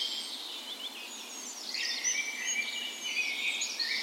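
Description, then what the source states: Birds in a birds: several birds singing together, a dense layer of high chirps and warbles that grows busier in the second half. Birds on the morning of 17 May, Norway's National Day, in a park west in Bergen, Norway, in spring; Sony PCM A10 recorder with LOM micro Usi mics as tree ears.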